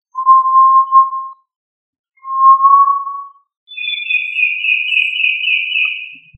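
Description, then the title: Tinamou gives two long, pure, steady whistles at the same mid pitch, followed by a higher, quavering whistled note held for over two seconds, in silence. "Familia Tinamidae - Quail - Puyuh"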